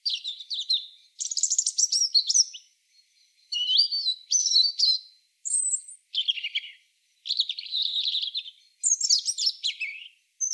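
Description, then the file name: European robin in steady song, sweet high warbles alternating with buzzy, scratchy trills and thin descending whistles, each phrase followed by a short break. "Erithacus rubecula"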